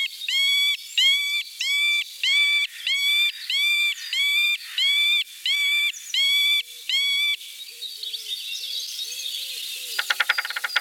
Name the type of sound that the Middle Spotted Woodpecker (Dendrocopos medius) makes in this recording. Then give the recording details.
song. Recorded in the wild. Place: Jägerhof / Breisach am Kaiserstuhl, Baden-Württemberg, DE. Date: 1984-04-20. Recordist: Schwarz, Dieter